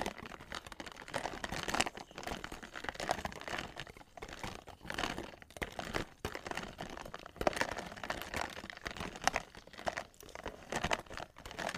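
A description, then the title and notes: Ice clinks and crackles in a dense, busy stream of small crisp clicks and crinkling pops throughout. The texture stays fairly even, with brief louder bursts around two, five to six, and seven to eight seconds, and a few short bright pings. Ice clinking, ice melting. Blue yeti microphone.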